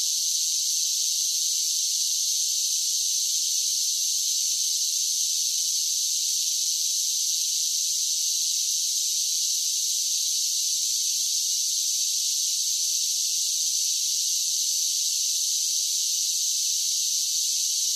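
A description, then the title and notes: Cicadas drone in one continuous, unbroken wall of high, hissing buzz, strongest in the upper-middle register. The sound holds at the same level for the whole stretch, with no pulses, pauses or low sounds underneath. Cicadas: Relaxing Sounds of Summer Nights. The gentle hum and buzz of their wings create a natural white noise. This episode features only natural soundscapes with no dialogue or voice.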